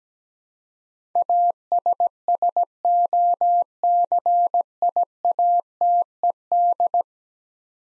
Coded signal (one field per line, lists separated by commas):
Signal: Morse code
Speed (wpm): 17 wpm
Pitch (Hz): 700 Hz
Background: none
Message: ASSOCIATED